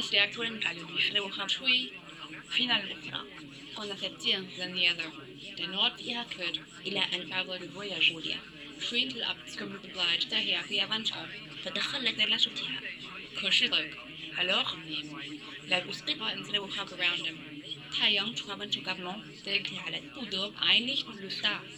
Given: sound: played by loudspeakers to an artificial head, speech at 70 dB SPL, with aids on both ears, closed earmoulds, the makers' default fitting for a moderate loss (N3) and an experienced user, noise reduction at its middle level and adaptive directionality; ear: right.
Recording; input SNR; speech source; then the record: speech test signal (ISTS) in cocktail-party noise; +3 dB; on the right (90 degrees)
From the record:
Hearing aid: class 1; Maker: C